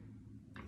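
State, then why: Seated. An adhesive tape refill roll with a plastic core is pushed onto the first spool wheel of a tape applicator gun. Over a low steady hum, one sharp click sounds at 0.6 seconds as the roll locks onto the spool and is seated.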